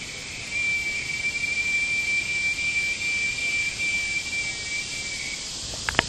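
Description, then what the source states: Cicada call: a steady, shrill, whining drone held on one high pitch for about five seconds, then stopping, followed by a few sharp clicks. Recorded in Brazos County.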